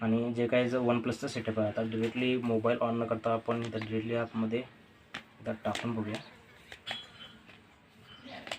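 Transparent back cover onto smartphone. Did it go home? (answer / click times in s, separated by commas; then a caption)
no / none. A transparent plastic back cover from the box is handled against a OnePlus Nord CE 3 Lite smartphone while someone talks for most of the clip. Small sharp contact sounds come at about 6.7 s and near 8.5 s. Nothing has snapped or seated yet when the clip ends.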